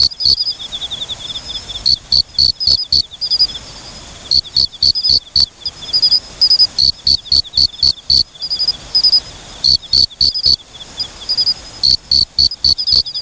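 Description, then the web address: Mori-okame cricket song of short loud clicks grouped in runs of several, repeated every couple of seconds, with softer high notes between the runs. "sikioto insect moriokamekourogi"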